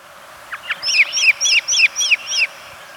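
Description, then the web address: Great thrush uttering six quick, ringing notes in close succession after a couple of softer lead-in notes. Recorded in Ecuador. "S America Birds of Ecuador. Great Thrush"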